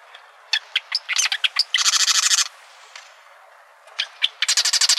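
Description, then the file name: Marsh wren calls: a few sharp ticks building into a dense buzzy rattle, a pause, then more ticks and another rattle. Recorded in Arizona on 4 July 2003. "MAWR 3 deviche"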